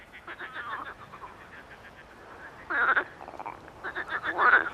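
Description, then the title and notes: Marsh frogs croaking, scattered pulsed calls with two louder, nasal chuckling bursts in the second half, over a background hiss. Evening recording at small Étang de Beaumont pond, 11 May 2019, rain all day, cool 14°C, frogs very active despite rain; Nagra Seven recorder, MKH40 microphone on a boom. "Soirée aux Grenouilles rieuses. 11 mai 2019-Étang de Beaumont - pluie - 14° - Nagra seven - mkh40 sur perche"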